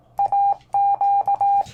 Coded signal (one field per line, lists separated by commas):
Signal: Morse code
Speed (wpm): 18 wpm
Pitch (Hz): 800 Hz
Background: none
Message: AQ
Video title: My 4SQRP Hill Topper 20 CW Radio Rose From the Grave! (Halloween)